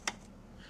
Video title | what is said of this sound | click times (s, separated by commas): How to Clean Your Jandy CS Filter Fast and Easy! | You hear it click. | 0.1 s